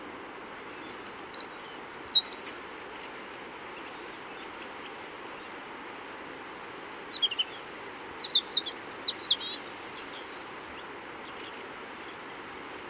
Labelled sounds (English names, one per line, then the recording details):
European Robin song
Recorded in the wild
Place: Oberstdorf, Bayern, DE
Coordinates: 47.4017, 10.22
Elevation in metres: 1013
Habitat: mountains
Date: 1976-04-04
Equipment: Nagra IV, Sennheiser MKH 405, Parabolreflektor
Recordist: Tretzel, Erwin